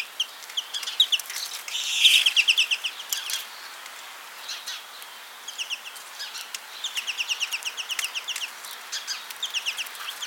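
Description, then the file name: American goldfinch calling with rapid strings of thin, high, downslurred chips, loudest early on and then returning in several shorter bursts. "Carduelis tristis - American Goldfinch"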